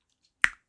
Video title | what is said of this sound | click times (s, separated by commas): [Tutorial] Transformers Scourge Netflix Nemesis Optimus Prime in Double Ironworks Armor Combiner MOC | pop that out | 0.4 s